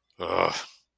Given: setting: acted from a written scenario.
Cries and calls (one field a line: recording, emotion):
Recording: vocal sound without words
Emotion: anger